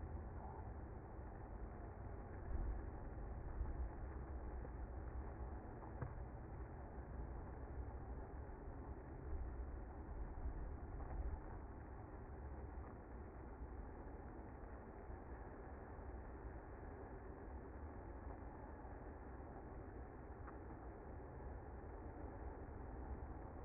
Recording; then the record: honeybee colony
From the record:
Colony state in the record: active